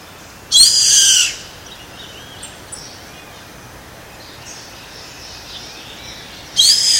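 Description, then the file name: Yellow-headed caracara screeching twice, each call a rasping, high-pitched scream, separated by about five seconds of quiet with faint soft chirps; the second scream is cut off at the end. Comandatuba, Bahia, Brazil, 29 January 2013. "Milvago-chimachima-IComandatuba BA-Br-29-1-13-ASilveira"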